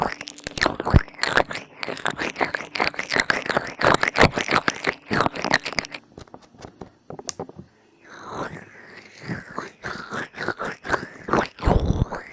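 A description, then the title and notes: Ear massage with lotion makes dense, rapid wet squelching and crackling strokes, pausing briefly near seven seconds before resuming in slower, smoother bursts. ASMR INTENSE Ear Massage with Lotion (NO TALKING) Ear to Ear.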